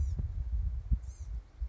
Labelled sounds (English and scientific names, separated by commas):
Blue-gray Gnatcatcher (Polioptila caerulea)